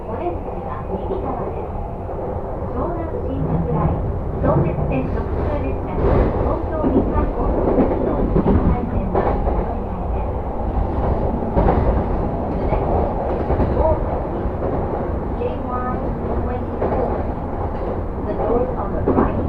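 Riding a train on Tokyo's JR lines, with a constant low rumble of the carriage running underneath throughout. Voices murmur over it, with brief clatters and knocks scattered through, while the overall loudness stays steady and dense from start to finish.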